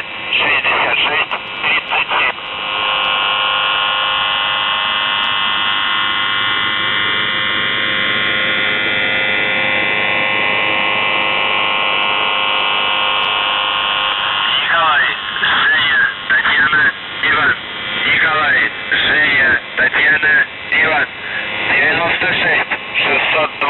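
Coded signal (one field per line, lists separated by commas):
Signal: numbers station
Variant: UVB-76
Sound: voice over a narrow radio channel, a long steady droning tone, then voice again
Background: radio static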